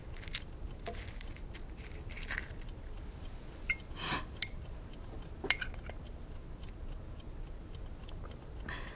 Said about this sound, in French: Et maintenant, avalez cette pastille.